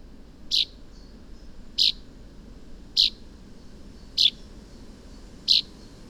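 Common chaffinch calling with five brief, bright high notes spaced a little over a second apart against quiet low background noise.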